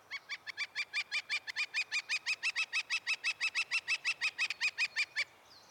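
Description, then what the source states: Northern flicker calling a long, steady series of loud, even notes, repeated rapidly for about five seconds and then stopping abruptly. Brownish woodpecker, between robin and crow in size, black crescent bib, spotted belly, coloured wing shafts; in spring may hammer on houses until finding a mate, then nests in a hollow tree.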